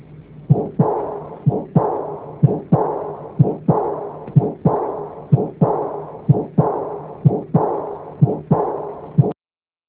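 Regular adult heartbeat near 62 a minute, heard by stethoscope, with loud blowing murmurs filling both systole and diastole, fitting aortic insufficiency (aortic regurgitation).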